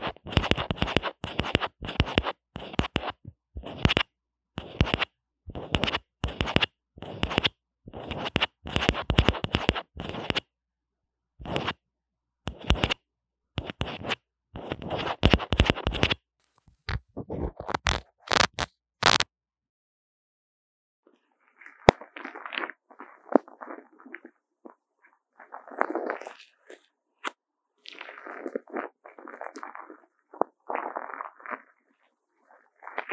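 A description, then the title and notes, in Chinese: Popping candy and handling of a wired microphone. For the first twenty seconds, dense bursts of loud scratching and rubbing come in quick uneven strokes, bright and full. After a short silence, a softer crackling fizz takes over in scattered clusters, narrower and less sharp. ASMR 各種玩弄線麥-跳跳糖 | Lo-fi Earphone Mic | Lo-fi | No Talking。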